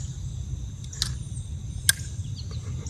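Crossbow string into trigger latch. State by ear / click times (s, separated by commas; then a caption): seated / 1.9 s. A crossbow is cocked by drawing its string back until it latches into the trigger mechanism, which sets the safety. Over a steady low rumble and faint high-pitched tones, a softer tick comes at 1.0 s, then a sharp, loud click at 1.9 s as the string latches into the cocked position.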